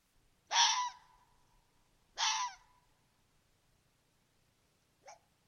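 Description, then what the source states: Red fox barks: two harsh, rasping calls about a second and a half apart, each trailing into a wavering tone, then a short faint note near the end; otherwise quiet. Common red fox vocalization described as its bark, though it does not sound much like a bark.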